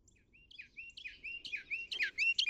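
Northern mockingbird song: a varied medley of whistled slurs and chirps that grows louder and more complex toward the end, with faint background hiss.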